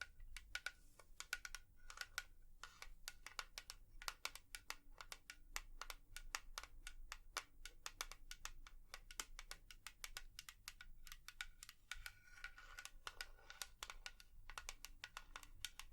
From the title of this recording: Tapping